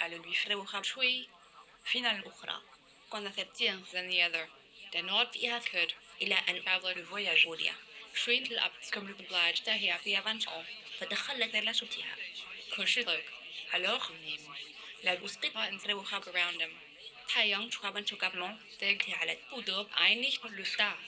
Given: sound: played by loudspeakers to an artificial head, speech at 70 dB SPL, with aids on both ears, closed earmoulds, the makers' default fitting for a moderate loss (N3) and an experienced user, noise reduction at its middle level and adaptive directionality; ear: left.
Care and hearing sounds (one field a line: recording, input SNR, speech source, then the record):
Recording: speech test signal (ISTS) in cocktail-party noise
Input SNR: +9 dB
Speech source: in front (0 degrees)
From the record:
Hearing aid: class 1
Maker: I